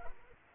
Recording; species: mosquito wingbeat signal from an infrared sensor; Aedes aegypti